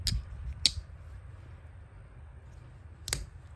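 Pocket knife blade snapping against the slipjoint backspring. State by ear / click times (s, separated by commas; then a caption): seated / 0.7 s, 3.1 s. The blade of a GEC Huckleberry Boys slipjoint pocket knife is pinched open rather than opened with a fingernail and worked against the steel backspring. It gives a faint tick at 0.1 s, then sharp, bright snaps at 0.7 s and 3.1 s. The blade snaps firmly into position, a good snap.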